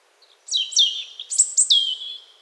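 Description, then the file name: European robin singing a string of high, glassy phrases, descending slurs followed by sharp, sparkling notes ending in a drawn-out thin whistle. "Erithacus rubecula"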